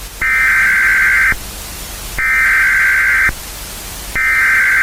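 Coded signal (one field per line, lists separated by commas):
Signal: Emergency Alert System (SAME) tones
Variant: header bursts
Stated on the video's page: Fake, recreated tornado warning, not real.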